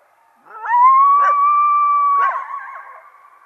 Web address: coyote